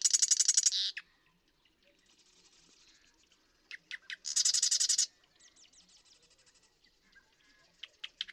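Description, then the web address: Marsh Wren songs as fast, gurgling rattles about every four seconds, with scattered clicks and soft chatter in the gaps. "birdsongforthecurious Marsh Wren"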